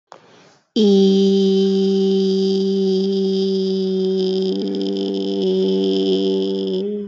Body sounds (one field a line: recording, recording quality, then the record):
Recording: sustained vowel as in beet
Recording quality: excellent, no background noise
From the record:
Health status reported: COVID-19 positive, moderate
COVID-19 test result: positive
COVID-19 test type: RT-PCR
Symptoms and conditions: fever, fatigue, loss of smell and taste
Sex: female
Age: 21 years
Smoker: no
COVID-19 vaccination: both doses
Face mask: not worn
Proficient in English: yes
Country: India